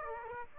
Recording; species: mosquito wingbeat signal from an infrared sensor; Aedes aegypti